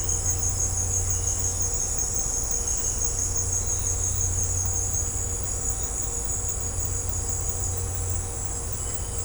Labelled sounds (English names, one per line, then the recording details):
none
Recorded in secondary vegetation near Puerto Asís, Putumayo, Colombia, on 20 December 2024 at 17:30
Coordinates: 0.502, -76.326
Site G028